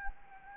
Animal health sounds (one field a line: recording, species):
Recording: mosquito wingbeat signal from an infrared sensor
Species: Anopheles gambiae